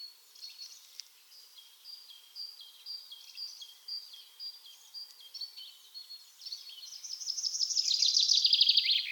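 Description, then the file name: Common chaffinch: soft, repeated high chips for several seconds, then a loud song phrase swelling into a fast, falling trill near the end. "Fringilla coelebs"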